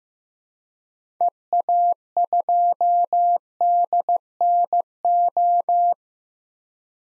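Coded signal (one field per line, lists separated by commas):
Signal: Morse code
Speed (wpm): 15 wpm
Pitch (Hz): 700 Hz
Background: none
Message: EA2DNO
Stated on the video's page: Morse drill of common SOTA activator callsigns at 15 wpm; each is sent, spoken, then sent again.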